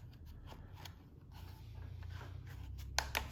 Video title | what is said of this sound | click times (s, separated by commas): Stihl FS38 Trimmer: Replacing Carburetors | make sure it clicks in place | 3.0 s